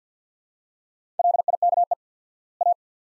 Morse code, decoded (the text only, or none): LIKE A